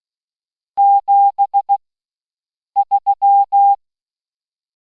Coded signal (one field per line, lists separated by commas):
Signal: Morse code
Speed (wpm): 16 wpm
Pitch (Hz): 800 Hz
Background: none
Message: 7 3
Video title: Second Attempt At Programming KPO DX 5000 Plus